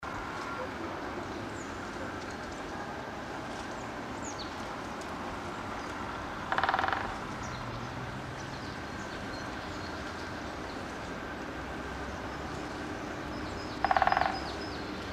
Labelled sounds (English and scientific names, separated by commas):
Great Spotted Woodpecker (Dendrocopos major) drumming